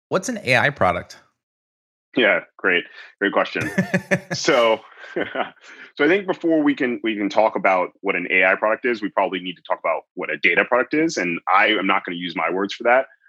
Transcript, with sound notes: What’s an AI product?
Yeah. Great. Great question. [laughs] So, I think before we can talk about what an AI product is, we probably need to talk about what a data product is, and I am not going to use my words for that.